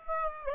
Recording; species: mosquito wingbeat signal from an infrared sensor; Aedes aegypti